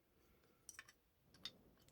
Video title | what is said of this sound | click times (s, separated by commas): 1. Goldorak et sa Soucoupe | ça se clipse. | 0.7 s, 1.5 s